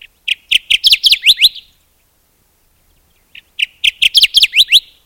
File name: Kirtlands Warbler